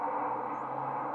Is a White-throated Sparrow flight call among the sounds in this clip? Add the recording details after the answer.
no. Another species' flight call is heard. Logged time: 03:57 on 16 November 2014